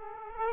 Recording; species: mosquito wingbeat signal from an infrared sensor; Aedes aegypti